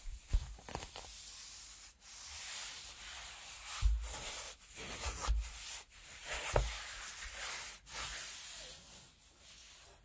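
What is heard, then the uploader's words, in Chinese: Feet in stockings rubbing, a soft hissing swish of fabric that runs nearly continuously, swelling and easing in strokes with brief gaps about every second or two. A few sharp low taps and bumps cut through, notably near 0.3, 4, 5.3 and 6.6 seconds. 足丝袜 摩擦音。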